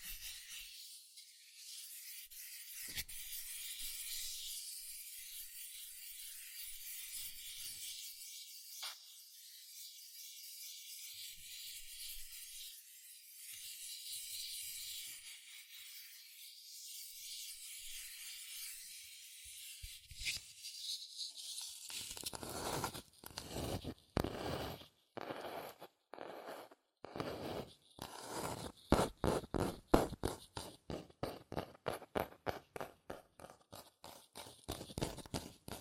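Fast scratching and tracing on cardboard and paper, a soft, steady, hissy rubbing through the first twenty seconds. Then quick tapping takes over, a rapid run of sharp, fuller knocks with brief gaps, growing louder and quicker toward the end.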